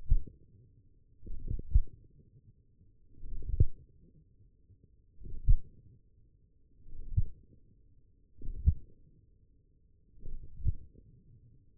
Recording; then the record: forearm muscle sounds (acoustic myography)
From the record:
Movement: wrist extension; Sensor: system 1, eight BSWA MPA416 microphones around the upper forearm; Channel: 3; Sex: male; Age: 42 years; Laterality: right